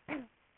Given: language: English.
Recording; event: throat vibration sensor signal played as sound; cough